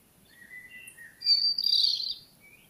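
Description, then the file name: European robin song fragment: faint thin whistles, then a loud, hurried cluster of high, jumbled notes. "Erithacus rubecula"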